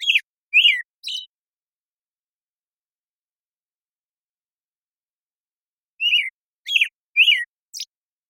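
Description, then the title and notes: American Robin caroling in short phrases of rich, downslurred whistles, three notes then a long silent gap before four more, ending on a thin high note. Morning song in a very long sequence, made with a parabolic recorder and processed clean with natural pacing kept; Pacific Northwest, Washington, United States. "American Robin Morning Song. American Robin, Turdus migratorius, morning song, very long sequence, parabolic recording. Recorded in the beautiful Pacific Northwest, Washington, United States"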